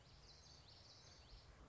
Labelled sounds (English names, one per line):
Common Yellowthroat